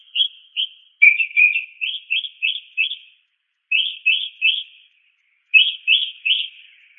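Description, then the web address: Northern mockingbird giving short chirping notes in quick groups of a few to several, with brief pauses between bursts. Multiple calls. "SFXSource. Mocking Bird Multi 6"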